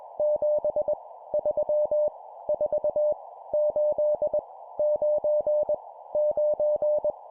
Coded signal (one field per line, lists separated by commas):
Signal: Morse code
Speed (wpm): 21 wpm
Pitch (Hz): 600 Hz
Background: none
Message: 7 3 4 8 9 9